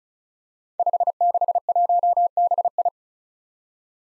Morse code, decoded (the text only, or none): 561BI